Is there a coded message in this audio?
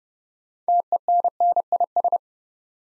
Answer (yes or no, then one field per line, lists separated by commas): yes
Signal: Morse code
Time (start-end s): 0.7-2.2 s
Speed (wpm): 30 wpm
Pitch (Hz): 700 Hz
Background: none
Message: TENNIS